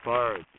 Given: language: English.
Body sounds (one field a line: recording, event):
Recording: throat vibration sensor signal played as sound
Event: speech